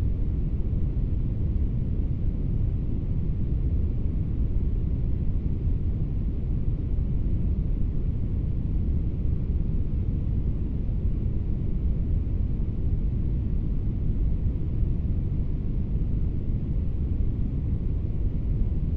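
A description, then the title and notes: Steady brown noise, a deep, dense rumble heavy in the lows with little brightness, unchanging in level throughout with no distinct events. Brown Noise Sleep Machine Sound. Relaxing brown noise sound.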